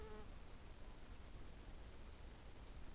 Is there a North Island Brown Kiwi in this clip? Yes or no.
no